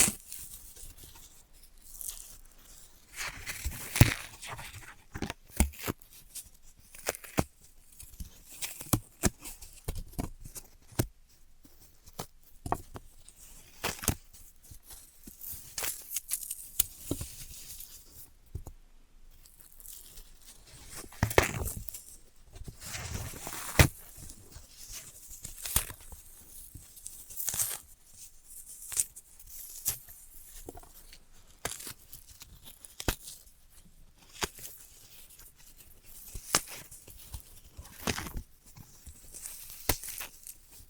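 Floral foam is tapped, cut and crushed in a dense, irregular run of sharp crackling and tearing bursts, with brief quieter gaps between.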